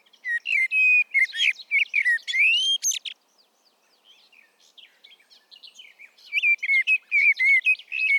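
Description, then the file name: Common blackbird pouring out fluting, warbling notes with shrill accents. A pause of quiet twittering follows before the next rich phrase begins. "Turdus merula"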